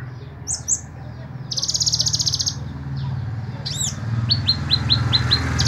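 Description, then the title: Small bird song: a couple of high chirps, a dry buzzy trill, sharp whistled notes, then a run of six quick descending chirps, with low background hum. "Burung Kecil"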